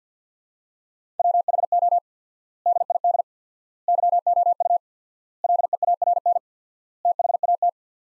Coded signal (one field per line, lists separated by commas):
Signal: Morse code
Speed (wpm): 50 wpm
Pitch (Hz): 700 Hz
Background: none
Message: WHO DID YOU LEARN THAT